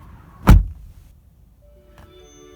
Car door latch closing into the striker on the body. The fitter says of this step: say the Mazda sounds a little bit better when you shut it but this has a really solid just click